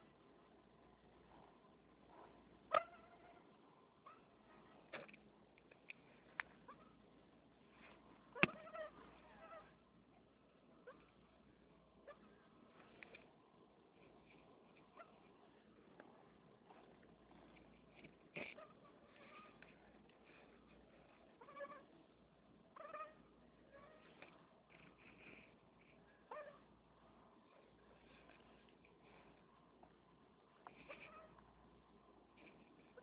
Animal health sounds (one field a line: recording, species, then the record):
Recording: mosquito flight sound by mobile phone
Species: Anopheles stephensi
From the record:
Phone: Nokia 6555B